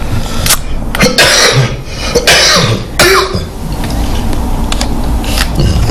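Three or four harsh, noisy coughs in quick succession from an adult woman with a viral cold, in a quiet room.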